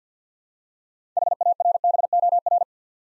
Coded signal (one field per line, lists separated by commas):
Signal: Morse code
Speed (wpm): 50 wpm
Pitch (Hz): 700 Hz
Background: none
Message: HARBOR